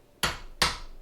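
An old-school click-type torque wrench set to 40 ft-lb tightens the barrel nut on an AR-15 upper. Two sharp, bright metallic snaps are heard, a first at about 0.2 s and a louder one at 0.6 s, each ringing off quickly. The wrench clicks at its setting at 0.6 s, confirming the barrel nut has reached torque.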